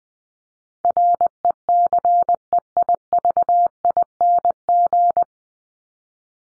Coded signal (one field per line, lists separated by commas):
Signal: Morse code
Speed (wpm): 20 wpm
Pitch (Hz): 700 Hz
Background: none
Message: RECEIVING